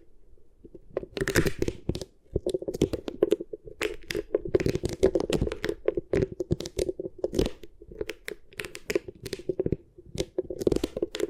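Beeswax is worked with the fingers, making dense crackling, crinkling and squishing sounds that come in quick irregular bursts for nearly the whole time. A steady low-mid hum runs underneath, and the handling pauses briefly around two seconds and again near ten.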